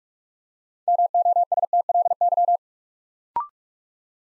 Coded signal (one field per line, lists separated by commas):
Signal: Morse code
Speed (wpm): 44 wpm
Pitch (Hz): 700 Hz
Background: none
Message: MOSTLY